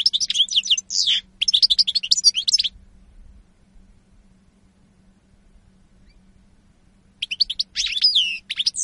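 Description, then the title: European goldfinch song in short bursts of quick high twittering notes, with a long stretch of near silence over a low hum in the middle. Spanish goldfinch lure call recording (reclamo). "Reclamo jilguero espaÑol"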